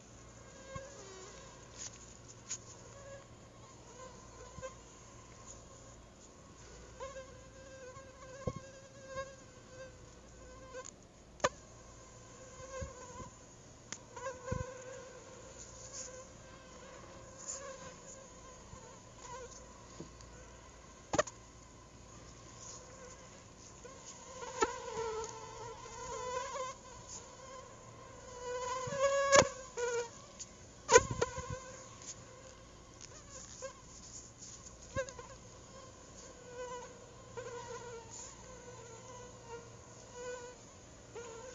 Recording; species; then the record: mosquito flight sound by mobile phone; Anopheles arabiensis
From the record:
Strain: Rufisque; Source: CDC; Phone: Google Nexus